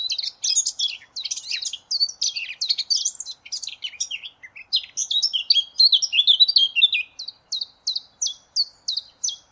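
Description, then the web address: Eurasian blackcap song: a busy, tumbling warble of quick varied notes, easing into a series of short, evenly repeated notes toward the end. "cianscape birddata Deverinetal 2025"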